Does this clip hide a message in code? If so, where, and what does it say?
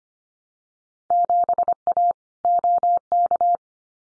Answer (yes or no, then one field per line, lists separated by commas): yes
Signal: Morse code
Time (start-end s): 1.1-3.6 s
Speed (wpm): 25 wpm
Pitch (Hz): 700 Hz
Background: none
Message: 7A OK